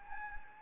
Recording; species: mosquito wingbeat signal from an infrared sensor; Anopheles gambiae